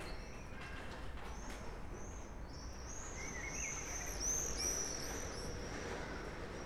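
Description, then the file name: Swifts giving thin, very high-pitched screams, several short rising-falling notes in quick succession, over steady rumbling background noise. "martinets"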